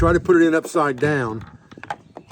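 Someone talks, then pushes a Bluetti B80 expansion-battery cable plug upside down into its port on the Bluetti AC60 power station, producing short sharp knocks at about 1.7, 1.8, 1.9, 2.2 and 2.3 seconds as the plug hits against the port. The keyed connector refuses to go in upside down, and nothing has seated or clicked yet.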